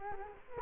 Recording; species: mosquito wingbeat signal from an infrared sensor; Culex quinquefasciatus